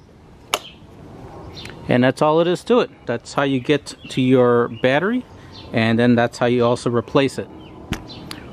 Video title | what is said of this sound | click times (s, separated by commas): How to Replace your Battery on Yamaha R3 | wait for the click and then you know it's secure and that's | 0.5 s